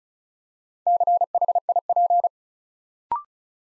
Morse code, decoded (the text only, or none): CHIP